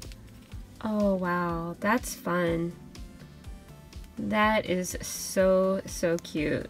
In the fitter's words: and then he just snaps right into the base